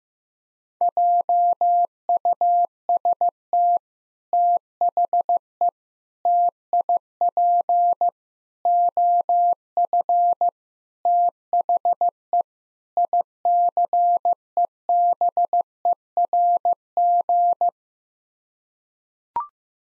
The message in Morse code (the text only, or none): JUST THE TIP OF THE ICEBERG